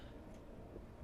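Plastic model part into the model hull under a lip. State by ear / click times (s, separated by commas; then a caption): not seated / none. A plastic part of a 1:350 scale starship model is being handled and lined up to push up under a small lip on the model hull, with soft, low handling noise over a steady background. The clip ends before the part goes home, and nothing has seated or clicked yet.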